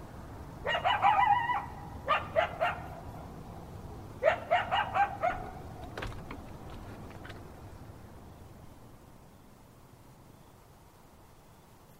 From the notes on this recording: all kinds of natural sound recorded all over